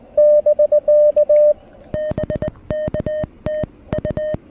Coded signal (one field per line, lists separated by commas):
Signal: Morse code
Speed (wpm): 20 wpm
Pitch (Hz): 620 Hz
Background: music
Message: <BK> BK TU